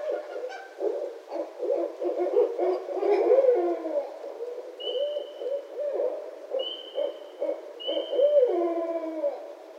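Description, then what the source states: Barred owl calling, a run of wavering, throaty hoots and cackling notes, with a few thin high whistles in the second half. Recorded 2012-03-06.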